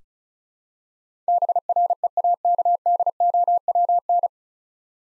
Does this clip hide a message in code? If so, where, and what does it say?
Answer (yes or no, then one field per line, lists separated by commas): yes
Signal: Morse code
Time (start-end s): 1.3-4.3 s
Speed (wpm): 36 wpm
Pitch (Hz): 700 Hz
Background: none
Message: BREAKDOWN